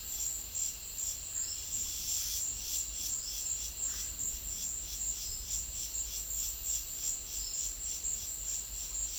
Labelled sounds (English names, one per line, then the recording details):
none
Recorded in secondary vegetation near Puerto Asís, Putumayo, Colombia, on 4 March 2025 at 15:00
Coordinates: 0.500, -76.326
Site GP04